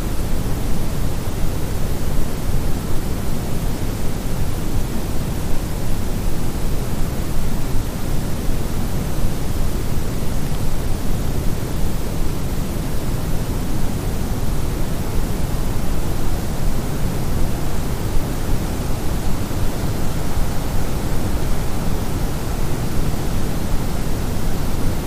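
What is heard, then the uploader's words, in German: Night in a forest, heard as an unbroken wash of low rushing noise, like wind through trees or rumble. The sound stays dense and even for the whole stretch, weighted toward the deep end, with no distinct calls or separate events standing out. Ruhe im Wald: Entspannende Geräusche der Nacht.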